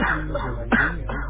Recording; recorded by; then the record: voluntary cough; telephone call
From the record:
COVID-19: positive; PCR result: checked with the laboratory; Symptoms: no